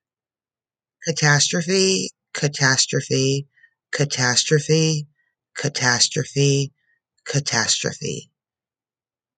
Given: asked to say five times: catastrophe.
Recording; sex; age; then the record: repeated word; female; 30 to 39 years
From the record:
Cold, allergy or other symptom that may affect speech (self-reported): no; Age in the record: 36 years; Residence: North Carolina, United States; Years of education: 16